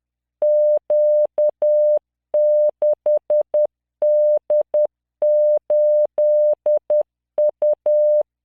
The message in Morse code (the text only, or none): Q6D8U